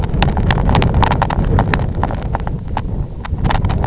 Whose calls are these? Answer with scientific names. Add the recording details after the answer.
none. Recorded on Arctic tundra, site IGLO-F, on 23 June 2018. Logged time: 12:00